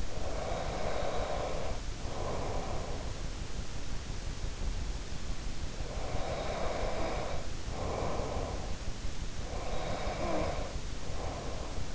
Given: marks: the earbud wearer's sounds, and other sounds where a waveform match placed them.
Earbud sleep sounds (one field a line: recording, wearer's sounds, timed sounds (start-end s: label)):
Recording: sounds in sleep by an in-ear microphone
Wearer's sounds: breath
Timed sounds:
0.00-3.15 s: breath
5.75-8.77 s: breath
9.45-11.95 s: breath